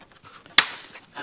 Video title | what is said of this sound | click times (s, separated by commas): COPART BMW X5 REBUILD - Part 9: MEGA VIDEO - BUMPER REBUILD | you're in you can hear him snap that's | 0.6 s